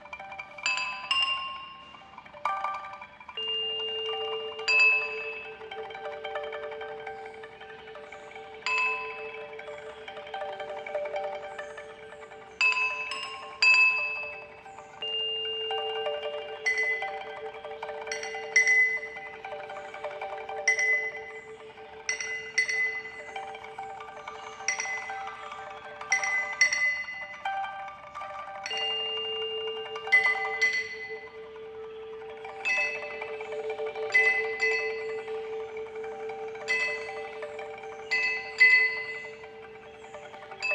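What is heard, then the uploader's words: Wine glasses ring in long steady tones near 450 and higher pitches, with bright clinking strikes every few seconds layered over a sustained hum. Four glasses and one fork. It is a story about four wine glasses and a tuning fork, recorded in my kitchen two days ago.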